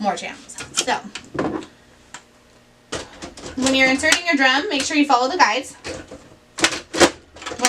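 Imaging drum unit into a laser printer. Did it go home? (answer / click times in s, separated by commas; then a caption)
yes / 6.6 s, 7.7 s. Someone talks while an imaging drum unit is slid along its guides into a Lexmark B2338 laser printer. The drum clicks into place at 6.6 s and again at 7.7 s, showing it is seated.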